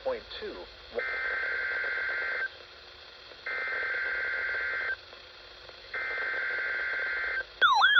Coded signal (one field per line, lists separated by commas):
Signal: Emergency Alert System (SAME) tones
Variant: header bursts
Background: speech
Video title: KXI70 Required Weekly Test. 11/19/25 EAS #517